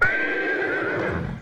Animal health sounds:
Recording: contact call of a hoofed animal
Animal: horse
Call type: whinny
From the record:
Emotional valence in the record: negative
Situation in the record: separation from one group member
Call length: 1.41 s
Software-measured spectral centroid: 1510 Hz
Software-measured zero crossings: 2180 a second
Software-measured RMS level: -24 dBFS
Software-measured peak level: -9 dBFS

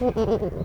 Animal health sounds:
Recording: contact call of a hoofed animal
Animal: goat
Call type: low-frequency (closed-mouth) or high-frequency (open-mouth) call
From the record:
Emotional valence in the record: negative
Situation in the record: short social isolation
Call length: 0.65 s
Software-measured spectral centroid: 1220 Hz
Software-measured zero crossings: 840 a second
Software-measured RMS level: -24 dBFS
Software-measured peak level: -11 dBFS

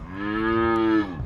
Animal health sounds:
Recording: contact call of a hoofed animal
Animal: cattle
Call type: low-frequency (closed-mouth) or high-frequency (open-mouth) call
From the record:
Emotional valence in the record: negative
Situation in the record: full separation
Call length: 1.26 s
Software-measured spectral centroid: 1240 Hz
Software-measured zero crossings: 1170 a second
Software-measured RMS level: -23 dBFS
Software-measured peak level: -12 dBFS

